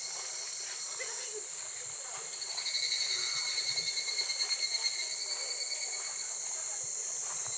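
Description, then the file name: Evening cicada song, a dense high shimmering buzz with faint pulsing tones held steadily throughout, over a quiet background. "higurashi"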